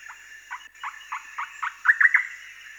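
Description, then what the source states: Western nicator song: a string of short slurred notes that grows louder and ends in a few bright notes, over a constant high insect buzz. Recorded in Uganda.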